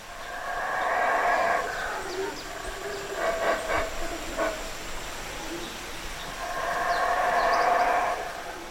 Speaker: I hear the sound of howler monkeys, Belize's largest primate.